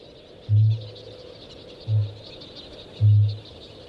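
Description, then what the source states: Kākāpō booming: three deep, resonant low booms, each swelling and fading, spaced about one to one and a half seconds apart over a faint high hiss. Giant flightless parrot; males sit in scraped bowls at a lek, inflate themselves and boom from dusk till dawn; low-frequency booms carry far and attract females.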